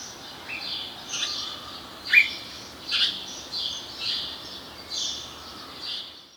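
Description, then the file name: House sparrow chirps, a series of bright, harsh notes repeated about once a second. "Passer domesticus"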